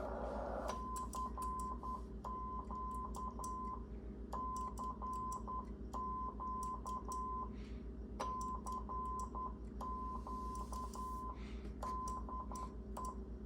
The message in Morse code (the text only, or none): CQ CQ CQ DE